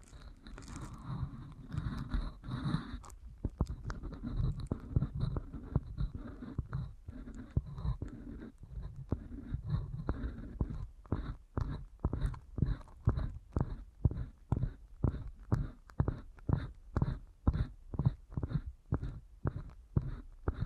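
Deep ear canal massage: low, dense rubbing for ten seconds, then quick rhythmic squishy strokes repeating about twice per second until the end.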